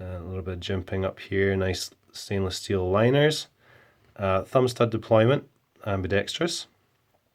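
A folding knife with a Damascus blade, stainless steel liners, ambidextrous thumb stud deployment and a liner lock is handled while someone talks throughout. The blade has not yet been flipped open, so nothing has clicked or locked into place within the clip.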